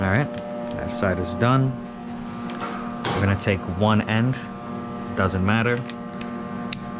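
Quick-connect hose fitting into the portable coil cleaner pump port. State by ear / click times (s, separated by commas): seated / 6.7 s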